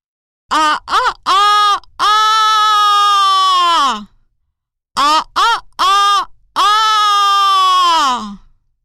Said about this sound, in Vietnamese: Nè, anh gà trống, anh làm gì mà gáy to quá vậy? Nghe muốn lủng lỗ tai luôn đây nè.